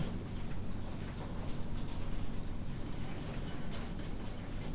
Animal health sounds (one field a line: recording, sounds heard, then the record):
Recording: poultry house recording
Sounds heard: healthy chickens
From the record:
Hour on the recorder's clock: 22